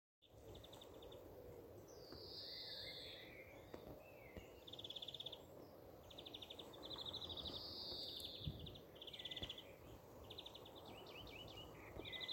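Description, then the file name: European greenfinch calls: short buzzy trills of rapid notes and longer nasal wheezes, repeated irregularly over steady background noise. "Chloris chloris"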